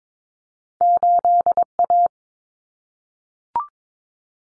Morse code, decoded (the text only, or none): 8A